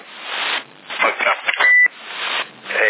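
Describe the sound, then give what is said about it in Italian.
Narrow, tinny CB radio chatter with voices in Sassari in December 2010, then a single short, steady high-pitched roger beep closing a transmission before the talking resumes. “Si sente il bip? Il bip si sente? E a voglia.”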